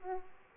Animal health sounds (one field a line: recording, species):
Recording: mosquito wingbeat signal from an infrared sensor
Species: Aedes aegypti